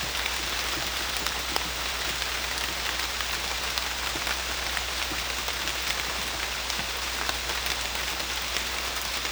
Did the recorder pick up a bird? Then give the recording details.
no. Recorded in dense forest near Puerto Asís, Putumayo, Colombia, on 21 December 2024 at 15:00. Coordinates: 0.486, -76.317. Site G003